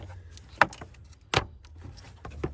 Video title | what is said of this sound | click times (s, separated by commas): Pajero Fan Shroud Removal - Gen 4 Mitsubishi Pajero DIY Guide | so there you go guys so you just need to make sure that that little pin there again it's only plastic just locks in place | 0.6 s